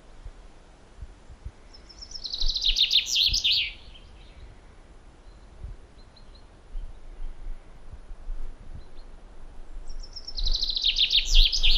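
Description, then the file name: Common chaffinch singing two bright, rattling phrases that run down the scale, about eight seconds apart. "Fringilla coelebs"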